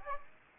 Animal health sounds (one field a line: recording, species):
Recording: mosquito wingbeat signal from an infrared sensor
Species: Aedes aegypti